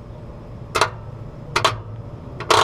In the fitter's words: okay next we're going to put our contactor in you'll hear it pop as I put this one on and